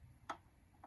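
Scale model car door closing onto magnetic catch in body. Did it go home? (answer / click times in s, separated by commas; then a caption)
yes / 0.3 s. The opening door of a 1:18 diecast metal AUTOart McLaren MP4-12C model car is lowered until magnets in the door and body pull it shut. It snaps closed with a sharp click at 0.3 s, followed by a fainter tick at 0.8 s. The door seats firmly in place.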